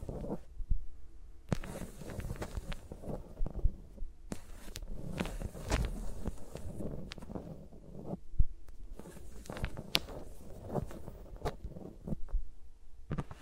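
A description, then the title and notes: Fingers move around and over the microphones, making continuous soft rubbing and muffled thumping with a deep, rumbling low end. Sharp taps and crackles cut through every second or two, with louder bright snaps near 1.5, 4, 6, 8.5, 10 and 13 seconds. ASMR with Mics Around My Fingers (No Talking).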